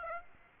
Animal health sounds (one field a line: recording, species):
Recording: mosquito wingbeat signal from an infrared sensor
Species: Aedes aegypti